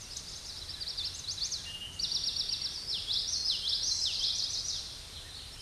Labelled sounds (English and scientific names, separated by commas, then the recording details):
Common Yellowthroat (Geothlypis trichas) song
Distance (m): 15 m
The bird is about 5 m above the microphone
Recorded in a Pennsylvania forest on 16 May 2024 at 08:07
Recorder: AudioMoth, point MSD-2320
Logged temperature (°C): 12.8 °C
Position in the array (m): 226 m, 181 m